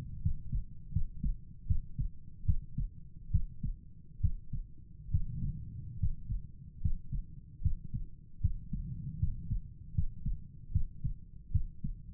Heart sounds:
heart sounds by stethoscope; 74 bpm
0.22 s: heartbeat
0.92 s: heartbeat
1.67 s: heartbeat
2.45 s: heartbeat
3.31 s: heartbeat
4.21 s: heartbeat
5.11 s: heartbeat
5.99 s: heartbeat
6.81 s: heartbeat
7.62 s: heartbeat
8.41 s: heartbeat
9.19 s: heartbeat
9.94 s: heartbeat
10.72 s: heartbeat
11.51 s: heartbeat
From the record:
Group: healthy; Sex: male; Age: 35 years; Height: 178 cm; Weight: 64 kg

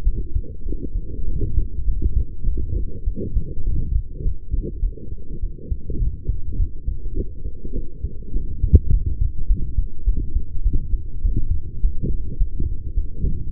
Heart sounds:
heart sounds by stethoscope; 103 bpm
0.04 s: heartbeat
0.63 s: heartbeat
1.25 s: heartbeat
1.85 s: heartbeat
2.44 s: heartbeat
3.04 s: heartbeat
3.64 s: heartbeat
4.22 s: heartbeat
4.80 s: heartbeat
5.40 s: heartbeat
5.99 s: heartbeat
6.57 s: heartbeat
7.15 s: heartbeat
7.73 s: heartbeat
8.33 s: heartbeat
8.91 s: heartbeat
9.48 s: heartbeat
10.05 s: heartbeat
10.63 s: heartbeat
11.22 s: heartbeat
11.82 s: heartbeat
12.38 s: heartbeat
12.94 s: heartbeat
13.50 s: heartbeat
From the record:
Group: healthy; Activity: light exercise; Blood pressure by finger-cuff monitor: 113/84 mmHg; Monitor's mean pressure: 92 mmHg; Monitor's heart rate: 102 bpm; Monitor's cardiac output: 6.9 L/min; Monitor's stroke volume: 68 mL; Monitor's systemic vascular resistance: 960 dyn s/cm5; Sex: female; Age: 23 years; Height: 160 cm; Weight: 50.4 kg

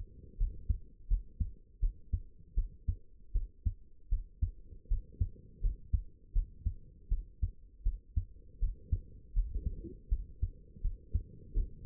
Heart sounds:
heart sounds by stethoscope; 81 bpm
0.38 s: heartbeat
1.08 s: heartbeat
1.80 s: heartbeat
2.55 s: heartbeat
3.33 s: heartbeat
4.10 s: heartbeat
4.88 s: heartbeat
5.61 s: heartbeat
6.33 s: heartbeat
7.09 s: heartbeat
7.84 s: heartbeat
8.60 s: heartbeat
9.34 s: heartbeat
10.09 s: heartbeat
10.82 s: heartbeat
11.54 s: heartbeat
From the record:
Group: healthy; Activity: rest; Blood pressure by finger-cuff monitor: 84/48 mmHg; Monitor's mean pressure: 62 mmHg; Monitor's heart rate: 79 bpm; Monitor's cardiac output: 7.7 L/min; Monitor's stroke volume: 96 mL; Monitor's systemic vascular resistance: 570 dyn s/cm5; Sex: female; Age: 22 years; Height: 161 cm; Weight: 65.5 kg

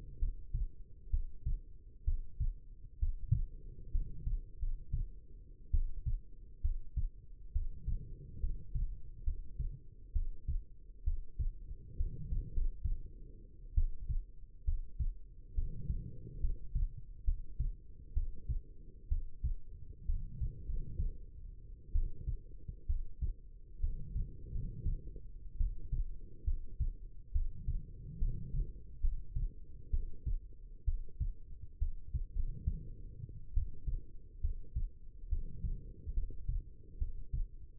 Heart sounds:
heart sounds by stethoscope; 67 bpm
0.18 s: heartbeat
1.10 s: heartbeat
2.04 s: heartbeat
2.99 s: heartbeat
3.91 s: heartbeat
4.58 s: heartbeat
5.71 s: heartbeat
6.61 s: heartbeat
7.52 s: heartbeat
8.39 s: heartbeat
9.24 s: heartbeat
10.12 s: heartbeat
11.03 s: heartbeat
11.96 s: heartbeat
12.52 s: heartbeat
13.74 s: heartbeat
14.64 s: heartbeat
15.54 s: heartbeat
16.40 s: heartbeat
17.24 s: heartbeat
18.13 s: heartbeat
19.08 s: heartbeat
20.05 s: heartbeat
20.65 s: heartbeat
21.92 s: heartbeat
22.86 s: heartbeat
23.80 s: heartbeat
24.51 s: heartbeat
25.57 s: heartbeat
26.44 s: heartbeat
27.32 s: heartbeat
28.18 s: heartbeat
29.00 s: heartbeat
29.90 s: heartbeat
30.84 s: heartbeat
31.78 s: heartbeat
32.34 s: heartbeat
33.53 s: heartbeat
34.40 s: heartbeat
35.28 s: heartbeat
36.13 s: heartbeat
36.98 s: heartbeat
From the record:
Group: healthy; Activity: rest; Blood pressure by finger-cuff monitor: 107/68 mmHg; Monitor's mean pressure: 80 mmHg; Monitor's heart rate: 65 bpm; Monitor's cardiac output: 5.4 L/min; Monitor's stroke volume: 81 mL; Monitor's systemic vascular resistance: 1060 dyn s/cm5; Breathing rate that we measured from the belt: 15 breaths a minute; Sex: female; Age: 22 years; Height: 171 cm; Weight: 65.6 kg

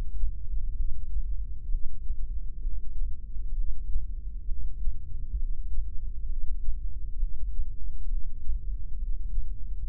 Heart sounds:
heart sounds by microphone in the left ear; 66 bpm
0.77 s: heartbeat
1.72 s: heartbeat
2.64 s: heartbeat
3.57 s: heartbeat
4.49 s: heartbeat
5.40 s: heartbeat
6.29 s: heartbeat
7.20 s: heartbeat
8.10 s: heartbeat
9.00 s: heartbeat
9.88 s: heartbeat
From the record:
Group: heart failure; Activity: rest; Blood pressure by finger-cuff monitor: 134/93 mmHg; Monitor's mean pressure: 107 mmHg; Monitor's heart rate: 66 bpm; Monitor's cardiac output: 6 L/min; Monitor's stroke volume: 91 mL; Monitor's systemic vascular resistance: 1340 dyn s/cm5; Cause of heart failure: idiopathic cardiomyopathy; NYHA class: 1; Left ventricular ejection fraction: 50%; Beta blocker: bisoprolol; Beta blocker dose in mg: 5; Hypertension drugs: candesartan, spironolactone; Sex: male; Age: 54 years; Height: 180 cm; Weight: 94.6 kg

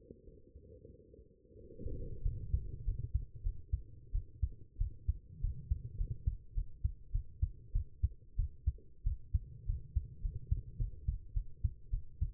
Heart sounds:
heart sounds by stethoscope; 98 bpm
0.25 s: heartbeat
0.88 s: heartbeat
1.54 s: heartbeat
2.23 s: heartbeat
2.85 s: heartbeat
3.43 s: heartbeat
4.12 s: heartbeat
4.78 s: heartbeat
5.41 s: heartbeat
5.98 s: heartbeat
6.55 s: heartbeat
7.12 s: heartbeat
7.72 s: heartbeat
8.36 s: heartbeat
9.04 s: heartbeat
9.66 s: heartbeat
10.22 s: heartbeat
10.78 s: heartbeat
11.34 s: heartbeat
11.90 s: heartbeat
From the record:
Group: healthy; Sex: female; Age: 19 years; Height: 163 cm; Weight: 51 kg

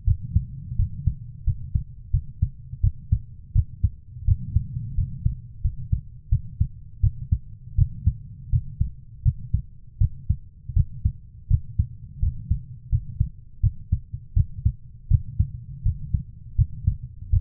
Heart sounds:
heart sounds by stethoscope; 83 bpm
0.05 s: heartbeat
0.76 s: heartbeat
1.44 s: heartbeat
2.11 s: heartbeat
2.81 s: heartbeat
3.53 s: heartbeat
4.25 s: heartbeat
4.95 s: heartbeat
5.62 s: heartbeat
6.29 s: heartbeat
7.01 s: heartbeat
7.75 s: heartbeat
8.50 s: heartbeat
9.23 s: heartbeat
9.98 s: heartbeat
10.74 s: heartbeat
11.48 s: heartbeat
12.20 s: heartbeat
12.89 s: heartbeat
13.61 s: heartbeat
14.34 s: heartbeat
15.08 s: heartbeat
15.83 s: heartbeat
16.56 s: heartbeat
17.30 s: heartbeat
From the record:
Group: healthy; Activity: rest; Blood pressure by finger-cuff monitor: 99/57 mmHg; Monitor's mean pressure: 74 mmHg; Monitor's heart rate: 85 bpm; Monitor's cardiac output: 7.9 L/min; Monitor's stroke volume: 93 mL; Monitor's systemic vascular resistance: 660 dyn s/cm5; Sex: female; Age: 24 years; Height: 163 cm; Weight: 55.7 kg

